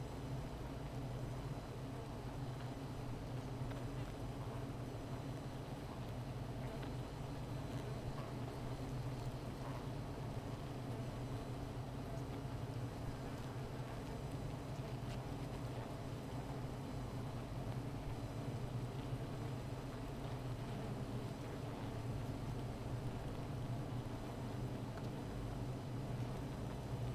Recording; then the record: honeybee colony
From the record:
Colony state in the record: missing queen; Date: 14 July 2017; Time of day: 15:36